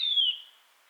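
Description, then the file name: Eurasian nuthatch giving a single clear whistled call that slides downward, loud at first and fading within half a second. "Sitta europaea"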